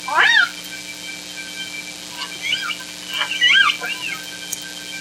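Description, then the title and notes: Killer whale calls: squealing, rising and falling whistled calls in short bursts over a steady low engine drone. Southern Resident killer whales, K and L pods, calling amid boat noise at Orcasound Lab in Washington's inland waters, in a year when they were scarce there. "K & L pods call in boat noise at Orcasound Lab. Southern Resident killer whales have been scarce in the inland waters of Washington"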